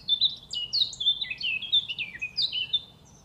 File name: Sylvia atricapilla